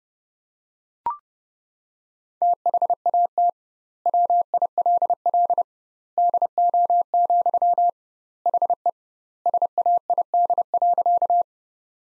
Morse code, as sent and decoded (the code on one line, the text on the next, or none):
- .... .- - / .-- .. .-.. .-.. / -.. --- --..-- / .... . / ... .- .. -.. .-.-.-
THAT WILL DO, HE SAID.